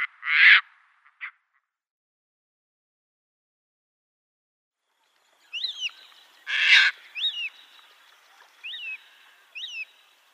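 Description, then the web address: Caspian tern giving loud, harsh, rasping calls, one early and one after a long pause, with thin whistled notes in the background. "Schulze Peter Caspian Tern"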